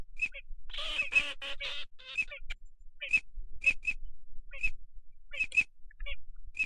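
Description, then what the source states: Ducks give a loud series of harsh, raspy quacks early on, followed by brief sharp whistled notes spaced unevenly. Migratory ducks, male and female.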